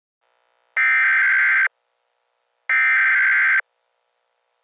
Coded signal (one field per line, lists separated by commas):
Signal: Emergency Alert System (SAME) tones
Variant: header bursts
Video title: EAS Scenario #1: WW3 Part 1: The Buildup